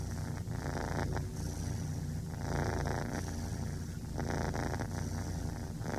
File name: gatti cats